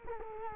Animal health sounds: mosquito wingbeat signal from an infrared sensor; Culex quinquefasciatus

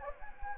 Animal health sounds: mosquito wingbeat signal from an infrared sensor; Anopheles gambiae

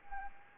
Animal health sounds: mosquito wingbeat signal from an infrared sensor; Anopheles arabiensis

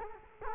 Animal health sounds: mosquito wingbeat signal from an infrared sensor; Culex quinquefasciatus

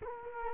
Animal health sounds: mosquito wingbeat signal from an infrared sensor; Culex quinquefasciatus

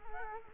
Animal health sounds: mosquito wingbeat signal from an infrared sensor; Culex quinquefasciatus

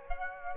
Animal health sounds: mosquito wingbeat signal from an infrared sensor; Aedes aegypti

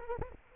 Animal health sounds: mosquito wingbeat signal from an infrared sensor; Anopheles arabiensis

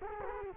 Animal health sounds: mosquito wingbeat signal from an infrared sensor; Culex quinquefasciatus

